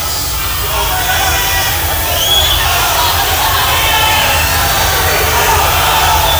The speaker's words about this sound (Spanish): Tan solo algunos gritos en más de 20.000 personas casi en silencio.